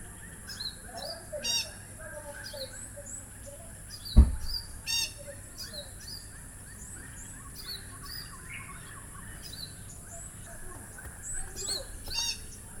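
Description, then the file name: Long-tailed parakeet calls: short, sharp, high chirps scattered throughout over a steady high hum, with one loud thump partway through. Nominate subspecies longicauda. "Long tailed Parakeet Psittacula longicauda ss longicauda"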